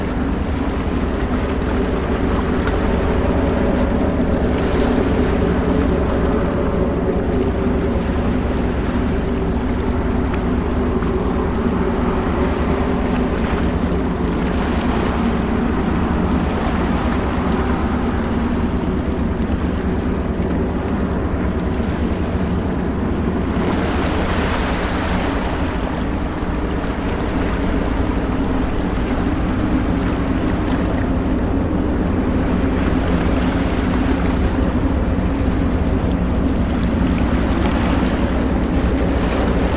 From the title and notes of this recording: The harbor on a sunny day. The soothing sounds of boats gently swaying and waves lapping against the shore.